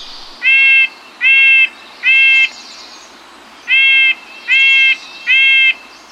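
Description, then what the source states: Red-breasted Nuthatch giving nasal, horn-like calls, six evenly spaced notes in two sets of three separated by a short pause, over soft steady hiss. Works its way down tree trunks, eating food missed by birds moving up the tree; aggressive, challenging larger birds at feeders.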